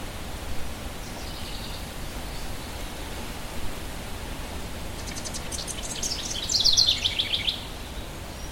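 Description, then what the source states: Bird song with a faint early phrase and a brighter, fast twittering trill near the end, carried over constant wind noise. Birds heard with wind.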